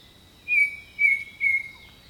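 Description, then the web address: Bird song of three level whistled notes in quick succession, with a constant high-pitched insect hum underneath. Jungle birdsong. "Echoes of Nature - Jungle Talk 01 Jungle Birdsong"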